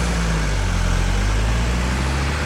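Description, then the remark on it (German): An airplane taxis behind a follow-me car, which guides it from the runway to its parking place on the apron. A steady low engine drone with a broad rushing hiss on top holds an even loudness throughout, with no voices. “Das Auto zeigt dem Flugzeug den Weg von der Landebahn zu seinem Platz auf dem Vorfeld.”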